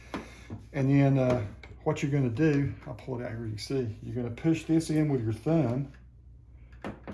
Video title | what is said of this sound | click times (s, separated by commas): How To Assemble A Kobalt 40-V Max Cordless Battery Powered 15-in String Trimmer Brushless Weedeater | drops into place clicks into place | 0.1 s